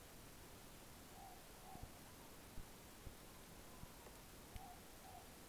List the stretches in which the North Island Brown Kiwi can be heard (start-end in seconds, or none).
none